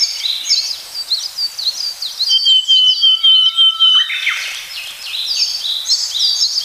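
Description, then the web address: Willow tit calls: high sliding chirps repeated in quick runs, broken by a long, level whistled note and a lower steady tone before the chirping resumes. "sikioto. kogara"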